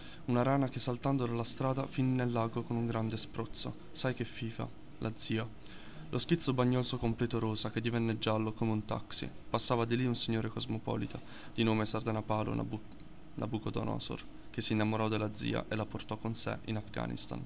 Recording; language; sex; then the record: read passage; Italian; male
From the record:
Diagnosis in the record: healthy control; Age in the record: 19 years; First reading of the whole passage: 38 s, 13.5 characters per second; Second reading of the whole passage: 40 s, 12.9 characters per second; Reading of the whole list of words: 43 s, 6.6 characters per second